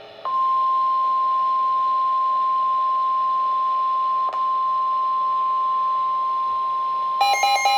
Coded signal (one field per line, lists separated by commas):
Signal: Emergency Alert System (SAME) tones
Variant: 1050 Hz attention tone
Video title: 5/9/26 Severe Thunderstorm Warning for Liberty County (EAS #41)